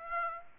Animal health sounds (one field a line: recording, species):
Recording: mosquito wingbeat signal from an infrared sensor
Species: Aedes aegypti